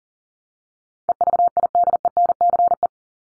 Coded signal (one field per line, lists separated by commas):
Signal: Morse code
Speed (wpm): 40 wpm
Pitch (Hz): 700 Hz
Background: none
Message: EVIDENCE